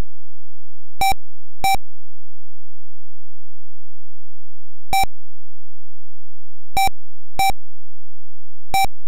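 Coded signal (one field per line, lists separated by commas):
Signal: none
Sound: game's melody beeps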